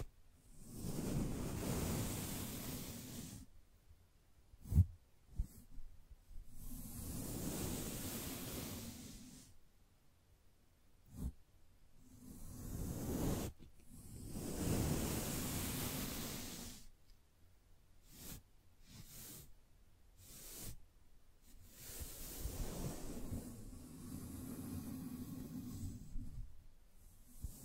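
Gentle brushing comes in long soft strokes, each a hushed swish lasting a few seconds, separated by short silences. Sharp little taps and clicks punctuate the gaps, notably near 5, 11 and 13 seconds, and a quicker run of short strokes falls around 18 to 21 seconds.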